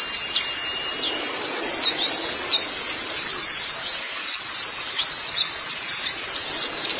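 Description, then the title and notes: White-eye song with thin high whistles and squeaks scattered among quick twitters, steady and unbroken. Chirping song. "Kicauan Burung Pleci Durasi Panjang. Suara kicauan burung pleci"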